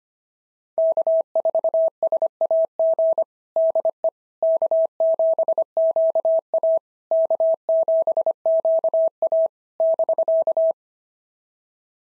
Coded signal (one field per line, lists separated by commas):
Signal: Morse code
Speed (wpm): 25 wpm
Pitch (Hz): 650 Hz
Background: none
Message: K4SAG DE K7QA K7QA <BK>